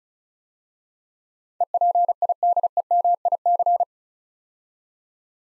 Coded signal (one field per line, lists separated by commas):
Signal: Morse code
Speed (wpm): 36 wpm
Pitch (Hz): 700 Hz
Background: none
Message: EPIDEMIC